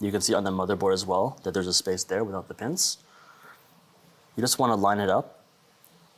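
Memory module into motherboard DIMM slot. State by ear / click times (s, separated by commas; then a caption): not seated / none. A DDR5 memory stick is lined up with the key notch in a motherboard DIMM slot while someone talks. Only brief handling noise is heard, with a faint tick near 5.8 s. The stick has not been pressed down yet, and the retention latch has not clicked.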